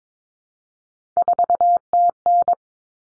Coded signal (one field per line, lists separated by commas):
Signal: Morse code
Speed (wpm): 22 wpm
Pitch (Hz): 700 Hz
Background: none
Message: 4TN